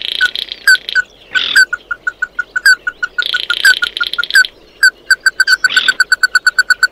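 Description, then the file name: Bird calls: irregular bursts of short ringing notes broken by buzzy rasps, with sharp high chips between runs. "Tieng chim mat do"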